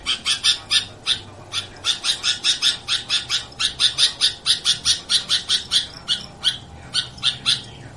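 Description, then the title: Sooty-headed bulbul chatters in a long string of sharp, high chirps, several per second with brief pauses. "Suara Burung Kutilang"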